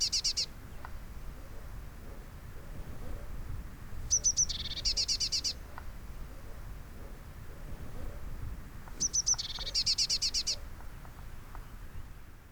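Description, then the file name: Eurasian blue tit call phrases: brief high thin notes then a buzzy chattering trill, repeated roughly every five seconds, with faint soft ticks between. "Cyanistes caeruleus"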